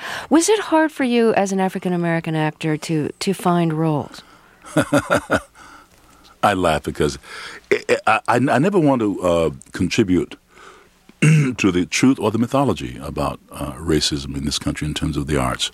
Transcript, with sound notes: was it hard for you, as an African American actor, to find roles?
(Laughter) I laugh because I never wanted to contribute to the truth or the mythology about racism in this country in terms of the arts.